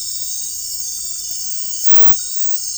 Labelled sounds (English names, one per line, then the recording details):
none
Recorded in dense forest near Puerto Asís, Putumayo, Colombia, on 21 February 2024 at 03:30
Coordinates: 0.484, -76.317
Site G6464